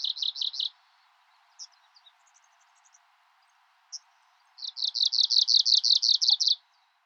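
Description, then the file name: Arctic warbler singing: the tail of one quick buzzy trill, scattered soft notes, then a full rapid trill of evenly repeated notes lasting about two seconds. Recorded in Magadan, Russia, on 27 June 2007. "komushikui magadan saito"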